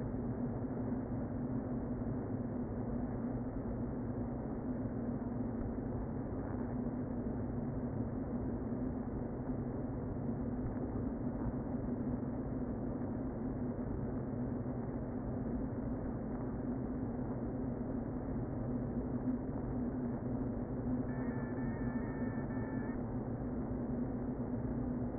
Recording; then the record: honeybee colony, microphone inside the hive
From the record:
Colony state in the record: queen present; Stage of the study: before two queens were removed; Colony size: about 60,000 bees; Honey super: yes